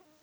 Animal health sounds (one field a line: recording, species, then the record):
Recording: mosquito flight sound by mobile phone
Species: Aedes sierrensis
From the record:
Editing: cut to the mosquito's sound